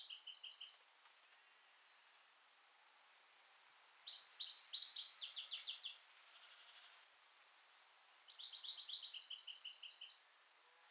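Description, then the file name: European goldfinch giving bursts of bright, tinkling, rapidly repeated twittering notes, three phrases up to about two seconds long separated by pauses of a few seconds. "Carduelis carduelis"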